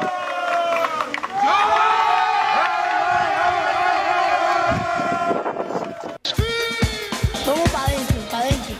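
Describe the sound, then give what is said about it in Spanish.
A loud protest crowd at a mass march in Ancud against extractivism, many voices shouting and chanting together in a dense, continuous roar. After a brief cut, more overlapping shouts and raised voices resume at the same strong level. “Ya se realizó en Ancud una masiva marcha y un tragún para alertar sobre el extractivismo”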